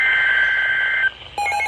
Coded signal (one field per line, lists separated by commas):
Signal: Emergency Alert System (SAME) tones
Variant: header bursts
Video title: Another Severe Thunderstorm Warning (EAS #95)